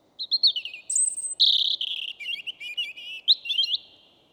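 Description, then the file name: European robin song: a varied, high, liquid phrase of thin whistles, quick trills and warbled notes running without pause for about three and a half seconds. "Erithacus rubecula"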